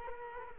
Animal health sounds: mosquito wingbeat signal from an infrared sensor; Culex quinquefasciatus

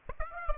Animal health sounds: mosquito wingbeat signal from an infrared sensor; Aedes aegypti

